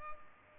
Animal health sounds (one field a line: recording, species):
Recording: mosquito wingbeat signal from an infrared sensor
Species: Culex pipiens